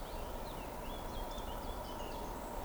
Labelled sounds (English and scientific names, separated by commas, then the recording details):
Eurasian Woodcock (Scolopax rusticola) whistle
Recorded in Baden-Württemberg, Germany, on 12 June 2020 at 19:41 UTC
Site 14569, 102 m above sea level